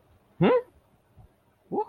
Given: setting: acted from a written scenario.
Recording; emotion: vocal sound without words; negative surprise